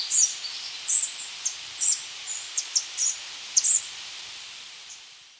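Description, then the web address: Three-striped warbler giving short, very high chips, sharp and separated by uneven pauses, over a soft steady hiss. Recorded in Ecuador. "Birds of Ecuador. Three-striped Warbler"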